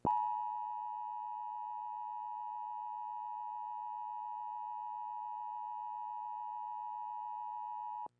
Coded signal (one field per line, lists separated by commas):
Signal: Emergency Alert System (SAME) tones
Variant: 853 and 960 Hz attention tone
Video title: 1959 Chronicle Broadcasting Network EAS Fail